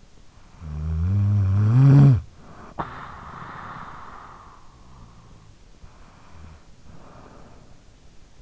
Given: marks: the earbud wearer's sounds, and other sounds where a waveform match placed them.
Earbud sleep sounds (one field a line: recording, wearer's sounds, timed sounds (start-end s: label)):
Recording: sounds in sleep by an in-ear microphone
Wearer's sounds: snoring breath, breath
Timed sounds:
0.12-5.16 s: snoring breath
5.33-8.42 s: breath